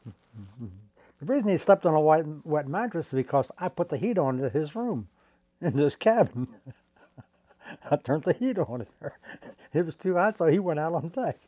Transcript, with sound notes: The reason he slept on a wet mattress is because I put the heat on to his room into his cabin. I turned the heat on in there. [chuckles] It was too hot so he went out on deck.